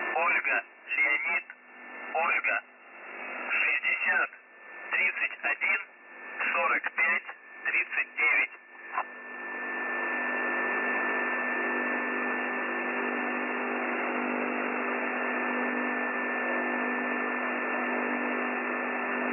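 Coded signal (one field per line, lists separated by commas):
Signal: numbers station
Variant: UVB-76, Russian voice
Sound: a voice reading a short message over radio, then steady hiss with faint tone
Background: radio static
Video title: UVB-76 4625 kHz USB voice message 14.01.13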